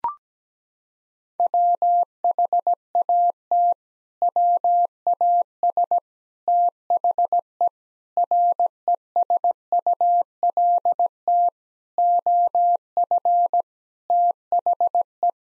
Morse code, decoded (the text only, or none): WHAT WAS THE RESULT OF THE